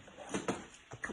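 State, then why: Seated. A plastic cap snap and socket are pressed together through a fabric flap with hand snap pliers, given a couple of pushes. Two sharp clicks are heard at 0.5 s and 1.1 s over faint rustling, and the snap is seated in place.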